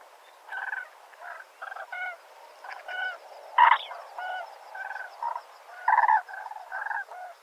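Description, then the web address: Common crane calls: a series of short, harmonic trumpeting notes, uneven in rhythm, some louder than others. "grus grus call"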